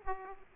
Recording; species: mosquito wingbeat signal from an infrared sensor; Aedes aegypti